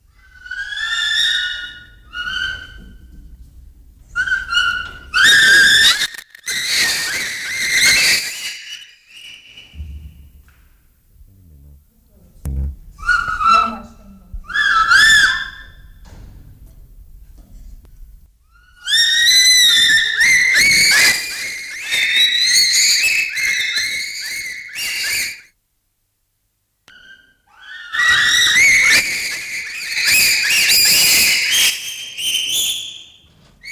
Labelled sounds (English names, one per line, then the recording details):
Bonobo
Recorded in captivity
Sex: group
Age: adult
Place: Zoo Leipzig, Sachsen, DE
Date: 1995-10-26 11:38
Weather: partly sunny, 6-10°C
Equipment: Sony WM-D6C, Sennheiser ME 80, Kopie Uher 4000 Report Monitor
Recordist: Tembrock, Günter